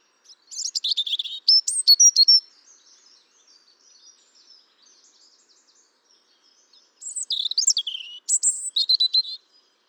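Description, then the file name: European robin singing high, tumbling phrases of sweet whistles and rapid twitters, a long pause between the first and second phrase. "Erithacus rubecula"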